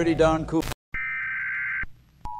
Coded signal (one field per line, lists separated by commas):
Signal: Emergency Alert System (SAME) tones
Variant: header bursts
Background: speech